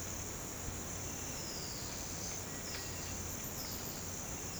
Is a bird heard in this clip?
yes